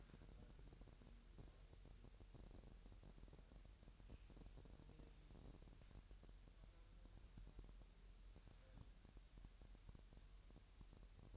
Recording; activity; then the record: daily activity, microphone in the room; wipe stove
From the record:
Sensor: 2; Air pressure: 1000.7 hPa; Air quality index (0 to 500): 247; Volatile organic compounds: 95 ppm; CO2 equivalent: 3723 ppm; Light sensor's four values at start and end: 9/22/9/9 and 9/22/9/9